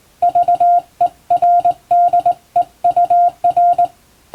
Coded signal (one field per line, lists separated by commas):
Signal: Morse code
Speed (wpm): 20 wpm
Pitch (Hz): 700 Hz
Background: none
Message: VERDEUR